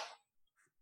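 A single sharp, hissy burst of noise fades out within about a fifth of a second, followed by faint, brief traces. It is one big sneeze from a female cat, heard at low level through a call microphone.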